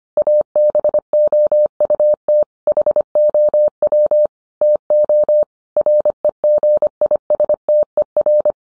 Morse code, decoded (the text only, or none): ABOUT HOW TO REGISTER